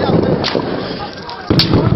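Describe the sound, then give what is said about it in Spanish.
Two loud, booming gunshots from soldiers firing live ammunition crack out about a second apart over a constant rough wash of noise, the second blast followed by heavier rumbling. “Me han dado un balazo aquí a mi amigo.”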